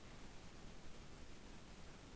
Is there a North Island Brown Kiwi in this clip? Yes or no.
no